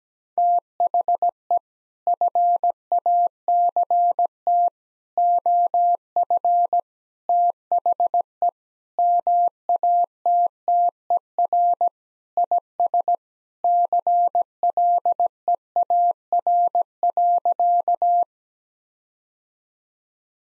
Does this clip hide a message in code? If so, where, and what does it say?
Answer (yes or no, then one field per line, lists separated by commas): yes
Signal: Morse code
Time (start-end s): 0.4-18.2 s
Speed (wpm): 17 wpm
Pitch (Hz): 700 Hz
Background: none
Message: THE FACT OF THE MATTER IS CLEAR.